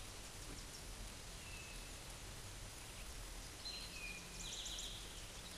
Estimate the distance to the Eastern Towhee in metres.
about 35 m